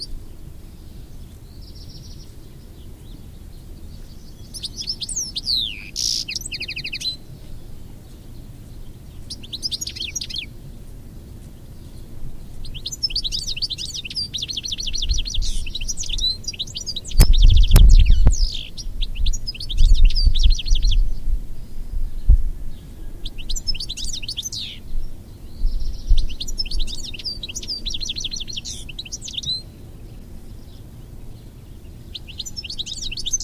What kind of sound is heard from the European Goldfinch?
song